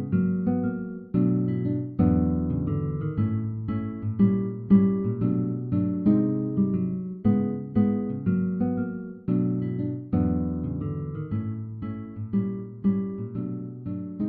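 A slow soundtrack piece plays clear, built from mellow piano-like chords struck about once a second, each ringing out and fading before the next. The tone sits warm and low to middle, with an unhurried pulse throughout.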